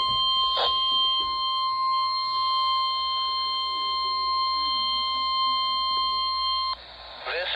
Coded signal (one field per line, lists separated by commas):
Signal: Emergency Alert System (SAME) tones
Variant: 1050 Hz attention tone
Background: speech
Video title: Required Weekly Test EAS#202 NOAA Weather Radio KEC78